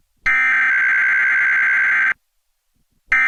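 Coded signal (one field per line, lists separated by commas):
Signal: Emergency Alert System (SAME) tones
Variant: header bursts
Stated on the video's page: Required Monthly Tests recorded directly from a cable box with a low-quality capture device.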